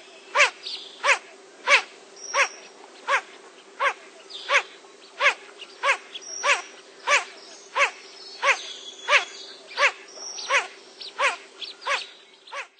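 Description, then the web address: Blue-winged teal giving sharp, high peeping notes repeated steadily, about every two-thirds of a second, over a constant low hum. "cotor. Blue-winged Teal"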